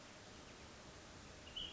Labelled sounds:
Ash-throated Flycatcher (Myiarchus cinerascens)
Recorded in Sonoma County, California

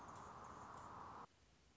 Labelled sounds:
Anna's Hummingbird (Calypte anna)
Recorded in Sonoma County, California

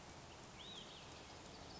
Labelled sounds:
Olive-sided Flycatcher (Contopus cooperi)
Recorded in Sonoma County, California

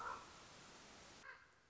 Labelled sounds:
Common Raven (Corvus corax)
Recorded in Sonoma County, California

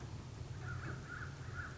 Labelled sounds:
American Crow (Corvus brachyrhynchos)
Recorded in Sonoma County, California

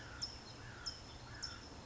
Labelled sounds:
California Towhee (Melozone crissalis)
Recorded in Sonoma County, California

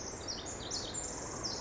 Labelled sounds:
Pacific Wren (Troglodytes pacificus)
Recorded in Sonoma County, California

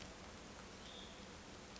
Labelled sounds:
Hutton's Vireo (Vireo huttoni)
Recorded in Sonoma County, California

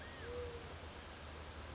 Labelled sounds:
California Quail (Callipepla californica)
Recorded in Sonoma County, California

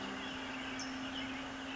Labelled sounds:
California Towhee (Melozone crissalis)
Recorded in Sonoma County, California

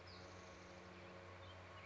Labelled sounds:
Spotted Towhee (Pipilo maculatus)
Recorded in Sonoma County, California

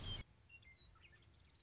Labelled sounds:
Western Meadowlark (Sturnella neglecta)
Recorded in Sonoma County, California

